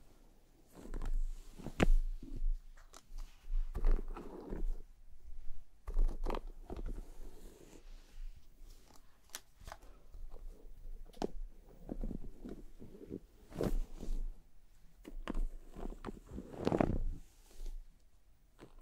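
Hands rub and massage a scalp, then a brush is drawn through hair, making soft scratchy rustling strokes that come in irregular bursts. Sharper brushing sounds land around 2, 6, 13.5 and 17 seconds, with a constant low hum underneath.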